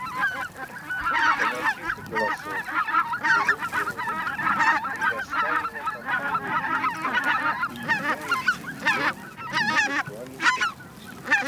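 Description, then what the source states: Greater white-fronted goose flock clamour, many birds giving laughing, squeaky honks at once in a steady, unbroken babble. Noisy flock gathering of white-fronted geese, recorded for use in a hunting electronic caller.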